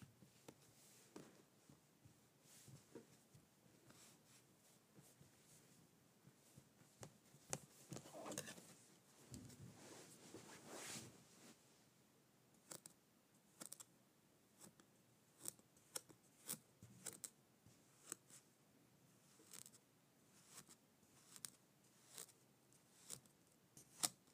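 Kinetic sand is being cut and pressed, giving soft crumbly scrapes and short gritty crunches. The sounds come in irregular bursts, denser and longer between about seconds 7 and 12, then sparser sharp snips and clicks spaced a second or two apart until the end.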